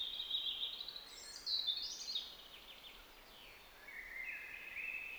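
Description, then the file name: European robin with a high, rippling phrase of squeaky whistles at the start, then a thinner, lower sliding phrase after a pause, over a hissy background. "Erithacus rubecula"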